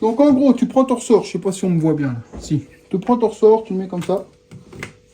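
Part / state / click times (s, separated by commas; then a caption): thrust spring into scooter clutch torque driver / seated / 4.8 s. Someone talks while placing the metal thrust spring of a scooter variator/clutch assembly onto the torque driver, on an MBK Nitro 70. A sharp metallic hit at 4.8 seconds marks the spring dropping into place, and it is confirmed properly seated.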